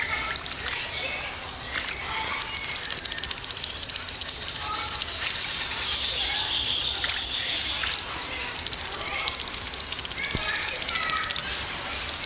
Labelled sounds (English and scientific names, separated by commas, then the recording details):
Andean Flamingo (Phoenicoparrus andinus) call
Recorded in captivity
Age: adult
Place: Zoo Berlin, Berlin, DE
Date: 1999-08-23 16:54
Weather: wolkig, ca. 17-18°C
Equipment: Sony WM-D6C, Sennheiser ME 80, Kopie Uher 4000 Report Monitor
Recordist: Tembrock, Günter